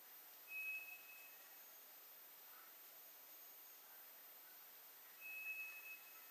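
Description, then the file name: White's thrush song: two thin, sustained, even whistles several seconds apart. Recorded 2 July 2007. "toratugumi 20070702"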